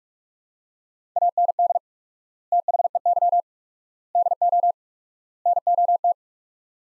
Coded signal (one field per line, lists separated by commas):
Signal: Morse code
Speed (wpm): 46 wpm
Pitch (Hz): 700 Hz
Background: none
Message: AND THEY DO NOT